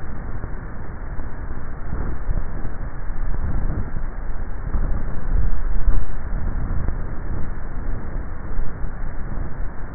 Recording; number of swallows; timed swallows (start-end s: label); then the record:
swallowing sounds by neck microphone; 1
5.18-5.88 s: swallow
From the record:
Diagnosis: dysphagia